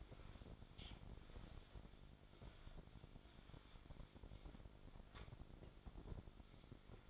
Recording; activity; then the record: daily activity, microphone in the room; wipe stove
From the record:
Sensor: 5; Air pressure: 1007.2 hPa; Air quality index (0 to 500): 173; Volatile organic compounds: 4 ppm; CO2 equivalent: 1658 ppm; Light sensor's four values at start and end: 52/143/57/57 and 51/141/56/57